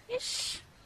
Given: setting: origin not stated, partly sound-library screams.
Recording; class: one-second piece from a danger detection set; normal situation